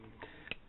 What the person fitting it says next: See there it locked open.